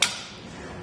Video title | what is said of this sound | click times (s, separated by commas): Does the RockyMounts AfterParty Swing Away Bike Rack for 2 Bikes Suit Your 2022 GMC Sierra 1500 | just like that you can kind of hear it click letting us know it's locked in and ready to drive | 0.0 s